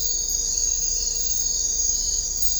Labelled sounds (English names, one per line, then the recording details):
none
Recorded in dense forest near Puerto Asís, Putumayo, Colombia, on 22 December 2024 at 00:00
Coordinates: 0.500, -76.322
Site G053